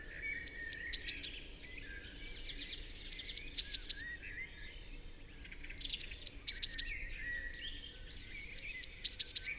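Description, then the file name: Eurasian blue tit repeating its song about every three seconds: high thin whistled notes dropping into a quick tinkling burst, with quieter birds behind. "Cyanistes caeruleus"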